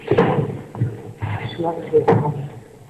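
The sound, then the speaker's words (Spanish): A door is shut with a couple of sharp thuds, one early and one near the end, at a court hearing before a verdict is read, amid a low murmur of voices and background rustling. “¿Puede cerrar la puerta, por favor?”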